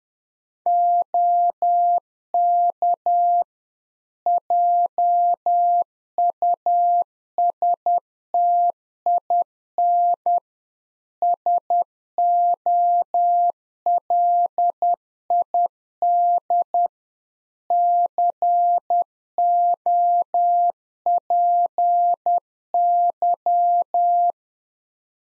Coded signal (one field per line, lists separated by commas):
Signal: Morse code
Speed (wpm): 10 wpm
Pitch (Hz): 700 Hz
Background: none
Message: OK JUSTIN SOLID COPY